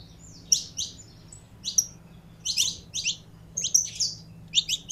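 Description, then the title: Canary giving scattered sharp, high chirped notes in small clusters with brief silences between, over a quiet low hum. Song of a purebred Belgian canary. "Canto Do Canário Belga Puro"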